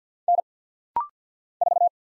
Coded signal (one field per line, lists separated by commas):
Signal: Morse code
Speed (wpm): 50 wpm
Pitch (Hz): 700 Hz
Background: none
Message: N 4